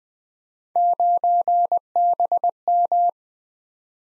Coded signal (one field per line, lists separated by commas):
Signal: Morse code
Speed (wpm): 20 wpm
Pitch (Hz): 700 Hz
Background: none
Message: 9BM